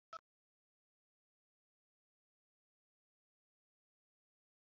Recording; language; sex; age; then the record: short text; Brazilian Portuguese; male; 60 to 69 years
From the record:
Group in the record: control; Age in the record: 60 years